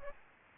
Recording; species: mosquito wingbeat signal from an infrared sensor; Aedes aegypti